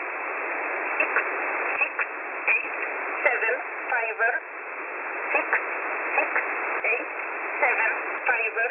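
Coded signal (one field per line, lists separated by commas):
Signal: numbers station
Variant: E11a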